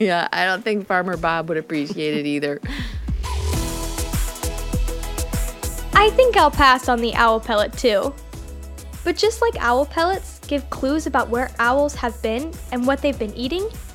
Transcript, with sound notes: I don’t think Farmer Bob would appreciate it either! (laughter)
I think I’ll pass on the owl pellet, too! But just like owl pellets give clues about where owls have been and what they’ve been eating,